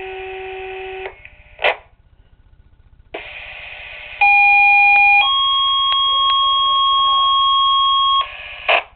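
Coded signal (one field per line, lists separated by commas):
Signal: two-tone page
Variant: Motorola Minitor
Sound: short steady tone, pause, then a one-second tone followed by a longer three-second tone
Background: radio static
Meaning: Monthly test activation of fire company pagers and sirens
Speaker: County units the monthly sir test for the month of December will now begin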